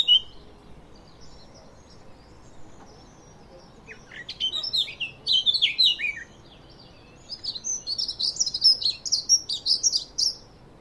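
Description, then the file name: Eurasian blackcap song in two bursts, each a quick run of squeaky, chattering warbled notes lasting a few seconds, separated by a brief pause. "Sylvia atricapilla"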